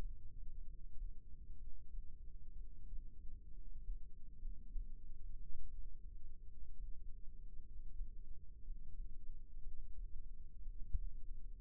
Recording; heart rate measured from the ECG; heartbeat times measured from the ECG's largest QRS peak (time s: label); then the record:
heart sounds by microphone in the left ear; 60 bpm
0.67 s: heartbeat
1.59 s: heartbeat
2.57 s: heartbeat
3.54 s: heartbeat
4.41 s: heartbeat
5.38 s: heartbeat
6.49 s: heartbeat
7.64 s: heartbeat
8.64 s: heartbeat
9.64 s: heartbeat
10.66 s: heartbeat
From the record:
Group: healthy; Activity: rest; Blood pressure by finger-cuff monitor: 99/66 mmHg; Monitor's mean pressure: 78 mmHg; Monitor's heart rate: 61 bpm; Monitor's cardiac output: 5.4 L/min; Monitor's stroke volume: 87 mL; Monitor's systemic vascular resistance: 1040 dyn s/cm5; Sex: male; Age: 22 years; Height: 181 cm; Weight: 79 kg